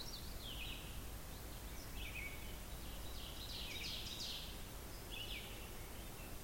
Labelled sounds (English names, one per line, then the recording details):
Ovenbird song
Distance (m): 75 m
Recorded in boreal forest in Alberta, Canada, on 16 June 2016 at 05:31
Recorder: SongMeter 3, array SBT-3-32
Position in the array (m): 108 m, 140 m
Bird 37